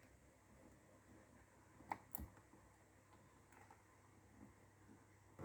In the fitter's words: make sure you push it all the way until it clicks there we go